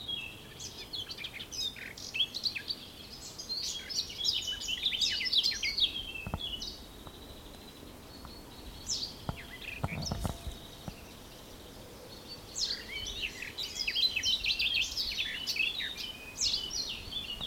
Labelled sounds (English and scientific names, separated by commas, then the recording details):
Garden Warbler (Sylvia borin)
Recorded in the wild
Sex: male
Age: adult
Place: Blankenfelde, Berlin, DE
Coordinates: 52.625, 13.404
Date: 1992-05-23 10:09
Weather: sonnig, 20-24°C, böiger Ost-Wind
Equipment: Nagra SN, Mikrofon AKG CK 8, Kopie Tesla B 116
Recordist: Tembrock, Günter